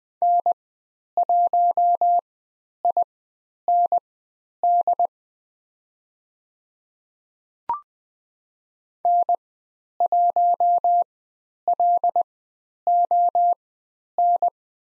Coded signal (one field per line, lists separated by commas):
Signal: Morse code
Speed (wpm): 20 wpm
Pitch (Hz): 700 Hz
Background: none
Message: N1IND N1LON